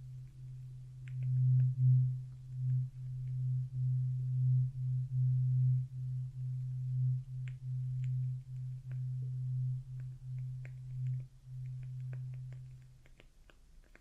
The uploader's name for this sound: Traditional Chinese Ear Cleaning and Earwax Removal